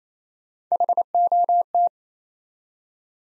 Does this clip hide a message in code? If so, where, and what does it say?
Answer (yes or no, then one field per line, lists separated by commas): yes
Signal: Morse code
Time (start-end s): 0.7-1.9 s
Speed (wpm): 28 wpm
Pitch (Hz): 700 Hz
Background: none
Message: HOT